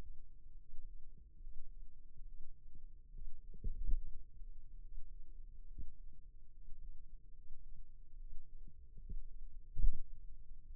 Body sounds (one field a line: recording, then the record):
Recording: forearm muscle sounds (acoustic myography)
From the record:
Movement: finger pinch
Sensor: system 2, bracelet of six BSWA MPA416 microphones around the upper forearm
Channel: 6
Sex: male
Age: 22 years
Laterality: right